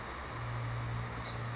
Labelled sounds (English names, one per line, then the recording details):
Song Sparrow
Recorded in Sonoma County, California